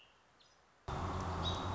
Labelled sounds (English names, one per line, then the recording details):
American Robin
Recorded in Sonoma County, California